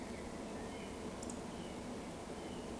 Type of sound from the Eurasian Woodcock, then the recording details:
whistle. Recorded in Baden-Württemberg, Germany, on 15 June 2020 at 19:29 UTC. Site 14569, 102 m above sea level